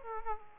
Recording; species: mosquito wingbeat signal from an infrared sensor; Aedes aegypti